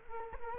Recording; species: mosquito wingbeat signal from an infrared sensor; Culex quinquefasciatus